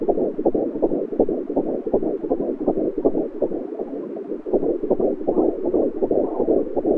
Heartbeat.